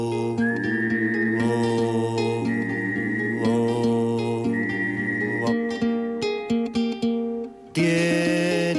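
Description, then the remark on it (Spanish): A knife grinder's whistle: a bright, rising whistled tone sounds three times at even intervals over sustained, layered instrumental music, with no voices. “Viene silbando.”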